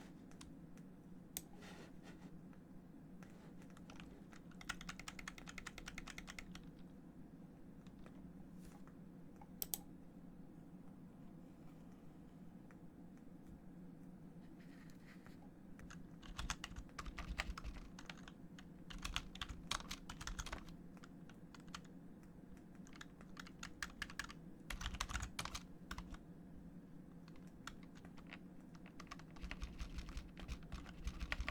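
Keyboard typing, with bursts of rapid clicking key presses around 5, 16 to 21, and 24 to 26 seconds, separated by quieter stretches of scattered taps. A steady low hum runs underneath throughout.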